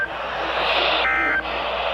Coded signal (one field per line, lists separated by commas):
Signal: Emergency Alert System (SAME) tones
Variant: end-of-message bursts